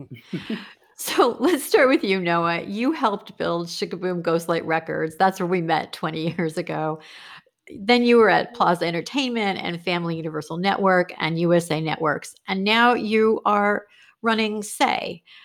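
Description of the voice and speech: Fluent, clear conversational speech from one adult with steady voicing and natural pauses; typical speech.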